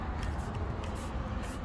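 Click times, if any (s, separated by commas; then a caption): none. A door trim piece is lined up and slid down along a car door toward its clips before being pushed home. Only a steady low rumble and soft broadband scraping hiss are heard, with no sharp transients. Nothing has seated or clicked yet.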